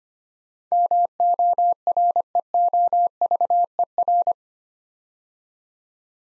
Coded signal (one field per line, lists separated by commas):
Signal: Morse code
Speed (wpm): 25 wpm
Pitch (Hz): 700 Hz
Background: none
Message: MOREOVER